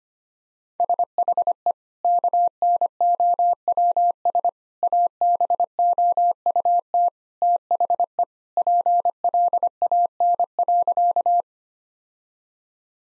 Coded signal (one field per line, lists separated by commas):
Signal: Morse code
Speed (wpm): 25 wpm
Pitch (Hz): 700 Hz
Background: none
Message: SHE KNOWS ABOUT THE PLAN.